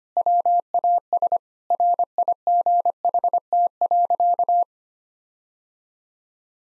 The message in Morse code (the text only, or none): WAS RIGHT.